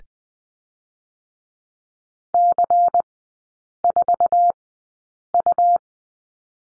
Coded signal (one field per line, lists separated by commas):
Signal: Morse code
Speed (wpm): 20 wpm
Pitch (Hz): 700 Hz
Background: none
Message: C4U